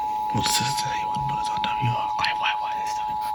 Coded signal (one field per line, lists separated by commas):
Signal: Emergency Alert System (SAME) tones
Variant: 853 and 960 Hz attention tone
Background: speech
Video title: RESCUE ALERT, RESCUE ALERT - EAS ALERTS 815-822